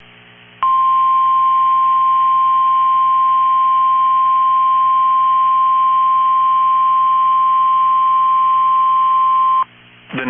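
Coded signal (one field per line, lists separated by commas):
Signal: Emergency Alert System (SAME) tones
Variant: 1050 Hz attention tone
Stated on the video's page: Severe thunderstorm warning from weather radio station in Minneapolis/St Paul, recorded from a stream.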